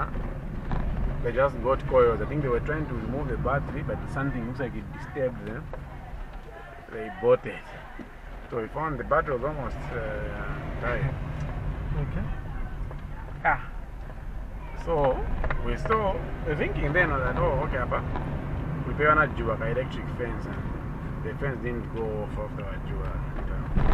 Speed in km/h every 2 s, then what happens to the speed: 17, 24, 18, 6, 6, 17, 15, 10, 20, 28, 28, 23.
0-3 speeds up to 24. 3-6 brakes to 6. 8-10 speeds up to 17. 10-14 slows to 10. 14-18 speeds up to 28. 18-24 steady at about 28.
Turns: none.